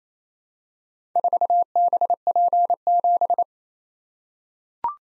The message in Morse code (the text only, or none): 4BP7